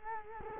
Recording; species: mosquito wingbeat signal from an infrared sensor; Culex quinquefasciatus